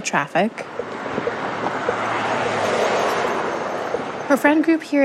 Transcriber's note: soundbite of cars passing